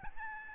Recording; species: mosquito wingbeat signal from an infrared sensor; Aedes albopictus